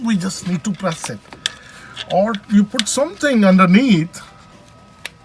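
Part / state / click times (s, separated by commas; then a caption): front suspension bump stop locking tab into its mounting bracket hole / seated / 5.1 s. Someone talks while pressing the fourth and last locking tab of a rubber front suspension bump stop on a Hummer H3 through its mounting bracket hole, using a screwdriver for leverage. After the talking stops, a single short, sharp click is heard at 5.1 s as the tab snaps into place and the bump stop is seated.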